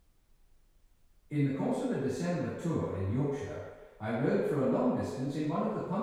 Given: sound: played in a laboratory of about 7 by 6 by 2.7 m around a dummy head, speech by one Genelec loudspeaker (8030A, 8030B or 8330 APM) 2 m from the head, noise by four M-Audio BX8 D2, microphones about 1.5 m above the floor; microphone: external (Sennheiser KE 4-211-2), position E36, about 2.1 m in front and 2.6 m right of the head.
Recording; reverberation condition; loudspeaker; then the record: male speech in English; high; 90 degrees to the right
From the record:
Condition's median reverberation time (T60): about 1300 ms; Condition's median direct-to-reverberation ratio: about -4.0 dB